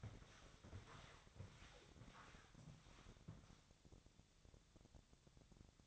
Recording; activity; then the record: daily activity, microphone in the room; walk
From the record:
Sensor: 3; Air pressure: 1000.5 hPa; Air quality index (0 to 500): 168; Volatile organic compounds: 3 ppm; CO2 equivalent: 1472 ppm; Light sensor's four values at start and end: 18/46/18/20 and 18/47/19/21